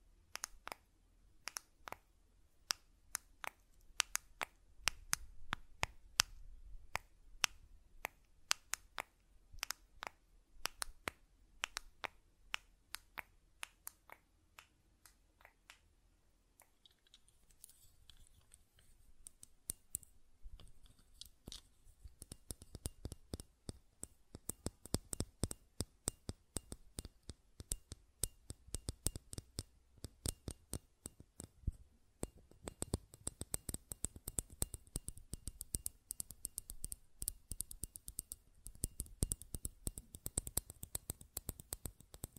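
Buttons click and tap in quick, irregular bursts, each a sharp, bright tick. The first stretch is sparser with a low hum beneath, then after a brief lull around seventeen seconds the clicking grows denser and faster, with crisper high edges toward the end.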